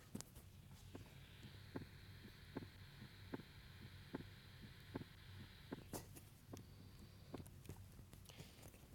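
Regular paired heart sounds, about 75 a minute, over room hum, from a healthy adult in normal sinus rhythm: normal S1 and S2 with essentially silence between them, and the second heart sound physiologically split during deep inhalation.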